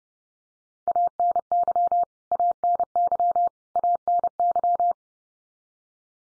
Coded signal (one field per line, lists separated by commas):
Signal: Morse code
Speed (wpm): 30 wpm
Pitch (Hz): 700 Hz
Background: none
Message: ANY ANY ANY